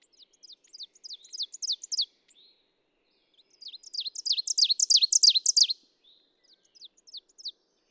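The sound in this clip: Ovenbird song, given twice: high, chopped two-note phrases repeated quickly, the second song swelling steadily louder before it stops, with a few faint phrases after.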